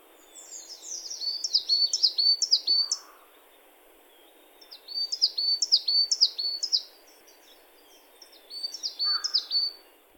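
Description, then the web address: Bird song: three bursts of quick, high, down-slurred notes, each burst lasting a couple of seconds with quiet gaps between, over faint background hiss. "yacho koe"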